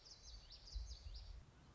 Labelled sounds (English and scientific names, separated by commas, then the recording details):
Common Yellowthroat (Geothlypis trichas)
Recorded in Sonoma County, California